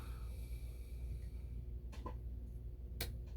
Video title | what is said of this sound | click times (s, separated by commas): Electrolarm 2 - pt 10 - Face, hands, setting the alarm (GE/Telechron clocks ) | okay hopefully you heard that click now when I look over here | 3.0 s